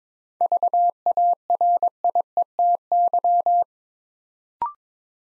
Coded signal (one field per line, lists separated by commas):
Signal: Morse code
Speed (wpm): 22 wpm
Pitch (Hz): 700 Hz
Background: none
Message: VARIETY